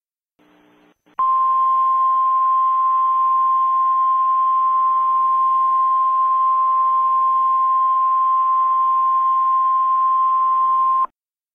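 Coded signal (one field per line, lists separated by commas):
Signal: Emergency Alert System (SAME) tones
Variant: 1050 Hz attention tone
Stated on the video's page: Fictional EAS scenario remake based on SCP Foundation content.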